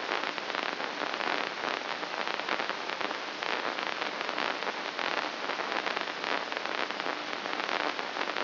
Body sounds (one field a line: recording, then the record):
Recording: brain microelectrode recording played as sound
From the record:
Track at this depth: outside the subthalamic nucleus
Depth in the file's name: 3.044 mm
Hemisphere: left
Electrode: 2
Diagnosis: Parkinson's disease